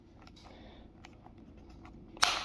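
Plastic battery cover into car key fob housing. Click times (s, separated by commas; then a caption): 2.2 s. After the coin battery is replaced in a BMW F31 car key fob, the plastic battery cover is pressed back onto the fob housing with a few faint small ticks. It snaps shut into place with a sharp, loud click at 2.2 seconds.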